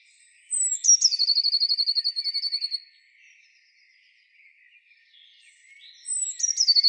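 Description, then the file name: Eurasian blue tit singing: a high, thin opening note, then a long, rapid trill of many notes. A second phrase starts near the end. "Cyanistes caeruleus"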